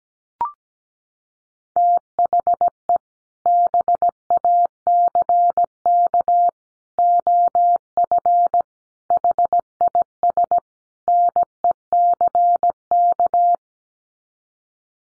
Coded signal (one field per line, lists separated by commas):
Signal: Morse code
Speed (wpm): 17 wpm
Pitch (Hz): 700 Hz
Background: none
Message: THE BACK OF HIS NECK